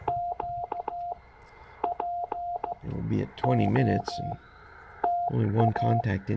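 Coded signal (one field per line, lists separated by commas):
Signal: Morse code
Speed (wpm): 15 wpm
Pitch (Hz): 700 Hz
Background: speech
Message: Q POTA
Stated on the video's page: CW park activation at Stewart State Forest, Tennessee, keyed on a 1950s-60s Czech Army straight key with a Penntek TR45L; site has no RFI noise.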